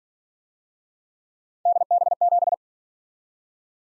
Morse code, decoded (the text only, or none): DB7